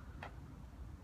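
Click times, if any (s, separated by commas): 0.2 s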